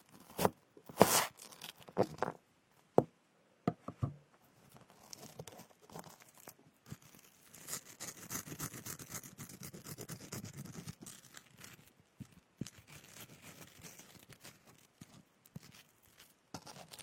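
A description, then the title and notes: Sharp knife cuts and thuds open the first few seconds, then a steady scraping and rubbing with scattered clicks. Cutting fruits and picking ears.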